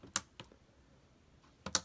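The aluminium bottom case of a MacBook Pro Retina laptop, refitted while replacing its rubber feet, is pressed down in the middle to engage its two retaining clips in the chassis. Two sharp snaps sound at 0.2 s and 1.8 s, with softer ticks between them. Both clips seat.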